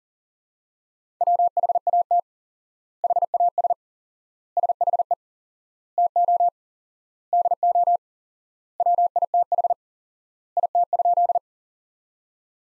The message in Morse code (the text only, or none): WHAT HAS SHE TO DO WITH IT?